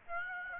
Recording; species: mosquito wingbeat signal from an infrared sensor; Aedes aegypti